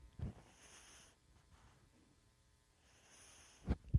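Two faint, low snorting breaths about three seconds apart from a young pug passed out asleep: soft snoring with wheezing.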